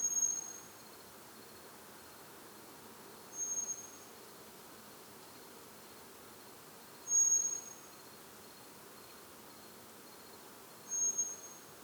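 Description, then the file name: Eurasian blackbird uttering a thin, steady high whistle, repeated roughly every three to four seconds, four notes in all, with quiet background hiss. "Turdus merula"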